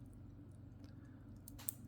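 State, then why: Seated. A butterfly deployant clasp on a steel watch bracelet is closed on its less certain side, pressing the blade into its clasp against a steady low hum. Faint ticks sound at 0.8 and 1.5 seconds. A sharp, bright click at 1.7 seconds marks the clasp seating shut.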